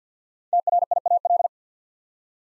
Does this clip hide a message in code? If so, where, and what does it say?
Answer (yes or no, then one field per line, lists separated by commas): yes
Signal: Morse code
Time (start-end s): 0.5-1.5 s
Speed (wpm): 48 wpm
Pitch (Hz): 700 Hz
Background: none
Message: TRIAL